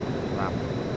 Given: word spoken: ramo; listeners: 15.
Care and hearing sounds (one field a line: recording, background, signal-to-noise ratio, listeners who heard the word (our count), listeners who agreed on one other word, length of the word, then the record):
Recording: one Spanish word in noise, from a listening test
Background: speech-shaped noise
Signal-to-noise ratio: -5.2 dB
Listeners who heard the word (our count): 2 of 15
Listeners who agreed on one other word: 7 of 15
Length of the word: 0.57 s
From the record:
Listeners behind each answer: 7, 2, 2, 1, 1, 1, 1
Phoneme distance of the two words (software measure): 17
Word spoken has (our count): 2 syllables, 4 phonemes, stress on syllable 1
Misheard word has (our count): 2 syllables, 5 phonemes, stress on syllable 1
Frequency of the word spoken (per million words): 10.54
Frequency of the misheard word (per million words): 150.99